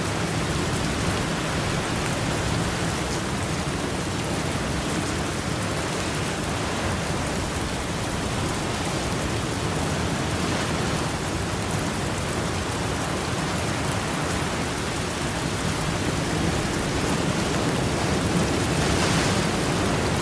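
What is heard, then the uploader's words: Rain falls steadily over ocean waves, a dense, even hiss spread from low rumble to bright crackle. The level barely changes across the twenty seconds, with faint swells of brighter spatter around the tenth and nineteenth seconds and a deep, continuous roar underneath. Sound Of Rain On Ocean Waves (No Thunder). White Noise.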